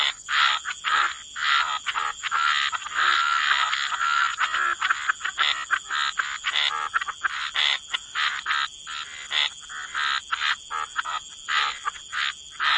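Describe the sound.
Frog chorus of many rasping, rattling calls in short irregular bursts, crowded at first and then more spaced out, over a faint constant high-pitched hum.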